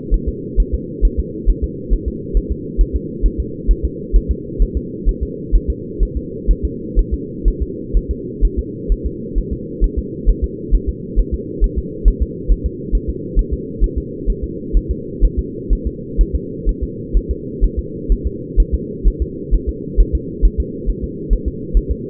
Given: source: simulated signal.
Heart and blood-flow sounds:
fetal heart sounds
0.14 s: S1
0.29 s: S2
0.60 s: S1
0.74 s: S2
1.05 s: S1
1.20 s: S2
1.50 s: S1
1.64 s: S2
1.93 s: S1
2.08 s: S2
2.37 s: S1
2.52 s: S2
2.81 s: S1
2.96 s: S2
3.26 s: S1
3.40 s: S2
3.71 s: S1
3.85 s: S2
4.16 s: S1
4.31 s: S2
4.62 s: S1
4.77 s: S2
5.09 s: S1
5.23 s: S2
5.56 s: S1
5.70 s: S2
6.03 s: S1
6.17 s: S2
6.51 s: S1
6.65 s: S2
6.99 s: S1
7.14 s: S2
7.48 s: S1
7.62 s: S2
7.97 s: S1
8.11 s: S2
8.45 s: S1
8.59 s: S2
8.92 s: S1
9.06 s: S2
9.38 s: S1
9.53 s: S2
9.84 s: S1
9.99 s: S2
10.29 s: S1
10.44 s: S2
10.75 s: S1
10.89 s: S2
11.20 s: S1
11.34 s: S2
11.64 s: S1
11.78 s: S2
12.08 s: S1
12.22 s: S2
12.52 s: S1
12.66 s: S2
12.95 s: S1
13.10 s: S2
13.39 s: S1
13.54 s: S2
13.84 s: S1
13.98 s: S2
14.30 s: S1
14.44 s: S2
14.77 s: S1
14.91 s: S2
15.25 s: S1
15.39 s: S2
15.73 s: S1
15.87 s: S2
16.21 s: S1
16.36 s: S2
16.69 s: S1
16.83 s: S2
17.17 s: S1
17.31 s: S2
17.64 s: S1
17.79 s: S2
18.12 s: S1
18.27 s: S2
18.60 s: S1
18.75 s: S2
19.08 s: S1
19.22 s: S2
19.55 s: S1
19.69 s: S2
20.00 s: S1
20.15 s: S2
20.45 s: S1
20.60 s: S2
20.90 s: S1
21.04 s: S2
21.33 s: S1
21.48 s: S2
21.77 s: S1
21.92 s: S2
From the record:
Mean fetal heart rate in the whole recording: 130 bpm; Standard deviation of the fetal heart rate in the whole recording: 2 bpm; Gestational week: 36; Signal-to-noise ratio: -4.1 dB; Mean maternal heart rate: no maternal heart sound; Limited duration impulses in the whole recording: absent

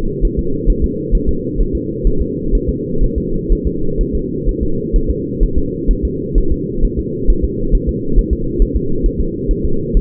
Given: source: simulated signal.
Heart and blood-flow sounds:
fetal heart sounds
0.25 s: S1
0.39 s: S2
0.70 s: S1
0.84 s: S2
1.15 s: S1
1.29 s: S2
1.61 s: S1
1.75 s: S2
2.07 s: S1
2.22 s: S2
2.55 s: S1
2.69 s: S2
3.04 s: S1
3.18 s: S2
3.52 s: S1
3.67 s: S2
4.01 s: S1
4.15 s: S2
4.49 s: S1
4.63 s: S2
4.96 s: S1
5.10 s: S2
5.43 s: S1
5.58 s: S2
5.91 s: S1
6.05 s: S2
6.38 s: S1
6.52 s: S2
6.85 s: S1
6.99 s: S2
7.30 s: S1
7.45 s: S2
7.75 s: S1
7.89 s: S2
8.19 s: S1
8.33 s: S2
8.62 s: S1
8.77 s: S2
9.06 s: S1
9.21 s: S2
9.51 s: S1
9.65 s: S2
9.97 s: S1
From the record:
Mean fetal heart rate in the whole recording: 130 bpm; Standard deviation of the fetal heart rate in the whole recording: 4 bpm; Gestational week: 38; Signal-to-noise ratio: -8.1 dB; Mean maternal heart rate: 72 bpm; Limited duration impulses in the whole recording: present

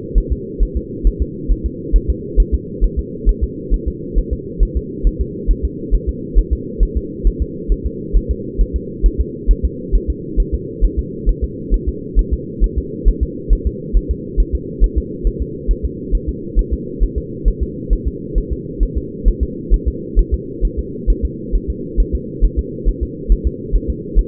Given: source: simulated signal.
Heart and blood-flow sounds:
fetal heart sounds
0.18 s: S1
0.32 s: S2
0.63 s: S1
0.77 s: S2
1.07 s: S1
1.22 s: S2
1.52 s: S1
1.66 s: S2
1.96 s: S1
2.10 s: S2
2.40 s: S1
2.54 s: S2
2.84 s: S1
2.99 s: S2
3.29 s: S1
3.44 s: S2
3.74 s: S1
3.88 s: S2
4.18 s: S1
4.33 s: S2
4.63 s: S1
4.77 s: S2
5.07 s: S1
5.21 s: S2
5.51 s: S1
5.65 s: S2
5.95 s: S1
6.09 s: S2
6.39 s: S1
6.53 s: S2
6.83 s: S1
6.97 s: S2
7.27 s: S1
7.42 s: S2
7.72 s: S1
7.86 s: S2
8.17 s: S1
8.31 s: S2
8.61 s: S1
8.76 s: S2
9.06 s: S1
9.21 s: S2
9.51 s: S1
9.65 s: S2
9.95 s: S1
10.10 s: S2
10.40 s: S1
10.54 s: S2
10.85 s: S1
10.99 s: S2
11.29 s: S1
11.44 s: S2
11.74 s: S1
11.89 s: S2
12.19 s: S1
12.34 s: S2
12.64 s: S1
12.78 s: S2
13.09 s: S1
13.23 s: S2
13.53 s: S1
13.67 s: S2
13.97 s: S1
14.11 s: S2
14.40 s: S1
14.55 s: S2
14.84 s: S1
14.98 s: S2
15.27 s: S1
15.42 s: S2
15.71 s: S1
15.85 s: S2
16.15 s: S1
16.29 s: S2
16.59 s: S1
16.73 s: S2
17.03 s: S1
17.18 s: S2
17.48 s: S1
17.63 s: S2
17.93 s: S1
18.07 s: S2
18.38 s: S1
18.53 s: S2
18.83 s: S1
18.98 s: S2
19.28 s: S1
19.43 s: S2
19.74 s: S1
19.88 s: S2
20.19 s: S1
20.34 s: S2
20.65 s: S1
20.79 s: S2
21.10 s: S1
21.25 s: S2
21.56 s: S1
21.70 s: S2
22.00 s: S1
22.15 s: S2
22.45 s: S1
22.59 s: S2
22.89 s: S1
23.03 s: S2
23.32 s: S1
23.47 s: S2
23.76 s: S1
23.90 s: S2
24.19 s: S1
From the record:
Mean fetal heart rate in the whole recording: 135 bpm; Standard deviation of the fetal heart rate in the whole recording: 3 bpm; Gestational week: 36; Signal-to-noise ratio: -4.1 dB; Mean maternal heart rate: no maternal heart sound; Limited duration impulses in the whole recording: absent

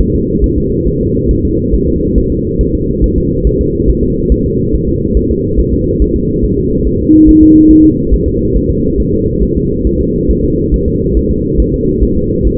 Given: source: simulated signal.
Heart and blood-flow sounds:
fetal heart sounds
0.01 s: S1
0.15 s: S2
0.44 s: S1
0.58 s: S2
0.88 s: S1
1.01 s: S2
1.31 s: S1
1.45 s: S2
1.74 s: S1
1.88 s: S2
2.18 s: S1
2.32 s: S2
2.61 s: S1
2.75 s: S2
3.04 s: S1
3.18 s: S2
3.47 s: S1
3.61 s: S2
3.90 s: S1
4.04 s: S2
4.32 s: S1
4.46 s: S2
4.74 s: S1
4.88 s: S2
5.17 s: S1
5.31 s: S2
5.59 s: S1
5.73 s: S2
6.02 s: S1
6.16 s: S2
6.44 s: S1
6.58 s: S2
6.87 s: S1
7.01 s: S2
7.29 s: S1
7.43 s: S2
7.71 s: S1
7.85 s: S2
8.14 s: S1
8.28 s: S2
8.56 s: S1
8.70 s: S2
9.00 s: S1
9.14 s: S2
9.43 s: S1
9.57 s: S2
9.87 s: S1
10.01 s: S2
10.31 s: S1
10.45 s: S2
10.74 s: S1
10.88 s: S2
11.17 s: S1
11.31 s: S2
11.60 s: S1
11.74 s: S2
12.03 s: S1
12.17 s: S2
12.47 s: S1
From the record:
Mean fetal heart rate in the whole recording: 140 bpm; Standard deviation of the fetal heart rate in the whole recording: 2 bpm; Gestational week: 34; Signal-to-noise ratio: -10.2 dB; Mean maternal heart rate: 72 bpm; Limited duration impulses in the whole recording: present

